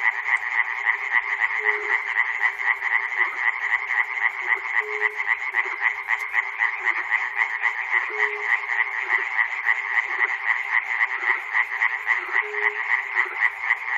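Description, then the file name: Frogs calling in a dense chorus, rapid rattling croaks around four per second, with a short low tonal note recurring every few seconds beneath. Frogs recorded at Chernobyl. "peter cusack-chernobyl frogs"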